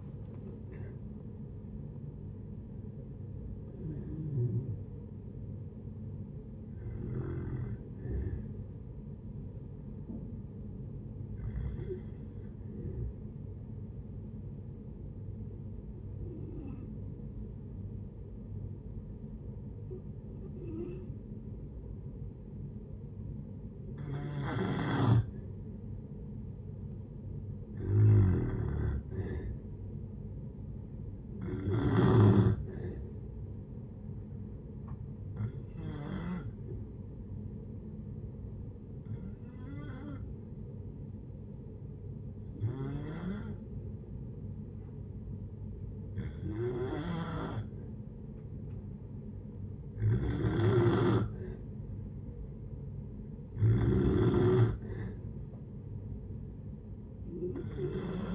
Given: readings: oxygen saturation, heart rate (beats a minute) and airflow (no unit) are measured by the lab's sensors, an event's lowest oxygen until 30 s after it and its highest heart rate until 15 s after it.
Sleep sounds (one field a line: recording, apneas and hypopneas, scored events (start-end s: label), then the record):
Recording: breathing in sleep by a smartphone at the bedside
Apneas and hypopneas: 2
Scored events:
11.00-26.40 s: hypopnea (N2, oxygen 97% highest, then 91% lowest)
14.00-44.00 s: new sleep stage, N1 (lightest sleep)
37.00-51.70 s: hypopnea (N1, oxygen 95% highest, then 91% lowest)
44.00-58.35 s: new sleep stage, N2 (light sleep)
From the record:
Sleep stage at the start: N2 (light sleep)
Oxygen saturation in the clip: 91 to 97%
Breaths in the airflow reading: 13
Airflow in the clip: -8.9 to 5.4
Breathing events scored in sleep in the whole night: 496 in 5.4 hours asleep